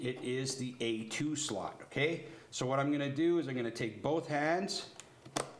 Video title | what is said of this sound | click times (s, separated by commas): Guide to PC building, pt 2 building a gaming/productivity PC | gonna click it in and you'll know you get it because it's a pretty satisfying little click okay then | 5.4 s